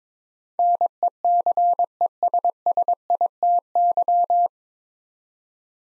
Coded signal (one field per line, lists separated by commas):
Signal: Morse code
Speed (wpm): 21 wpm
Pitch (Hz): 700 Hz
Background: none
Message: NECESSITY